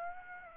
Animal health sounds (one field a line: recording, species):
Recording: mosquito wingbeat signal from an infrared sensor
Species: Aedes aegypti